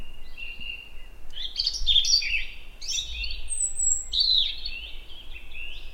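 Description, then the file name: European robin singing high, thin warbled phrases, sustained whistles sliding between trills and sharp high notes, over a low steady background rumble. "Erithacus rubecula"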